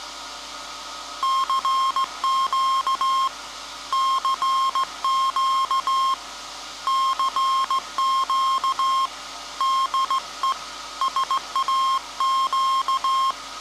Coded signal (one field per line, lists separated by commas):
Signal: Morse code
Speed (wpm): 17 wpm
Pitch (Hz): 1070 Hz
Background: none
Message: CQ CQ CQ DE SAQ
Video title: SAQ Grimeton Transmission - World Radio Day, Feb 13th 2023